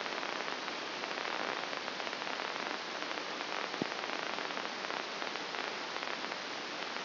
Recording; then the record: brain microelectrode recording played as sound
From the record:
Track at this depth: inside the subthalamic nucleus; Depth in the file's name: 3.366 mm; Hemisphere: left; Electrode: 2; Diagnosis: Parkinson's disease